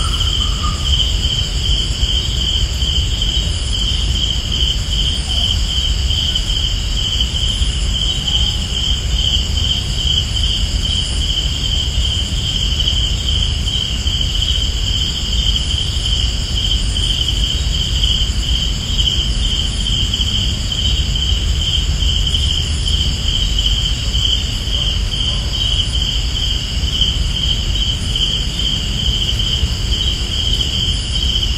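Crickets and other insects trill without pause, forming several steady high-pitched layers, the strongest a piercing bright tone. Beneath them runs a constant low rumble, like traffic, and the overall level stays even throughout.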